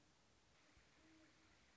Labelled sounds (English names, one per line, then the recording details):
Great Horned Owl
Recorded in Sonoma County, California